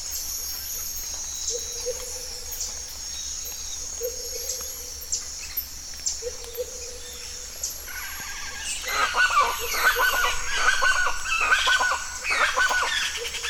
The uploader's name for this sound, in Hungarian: Madár rezervátum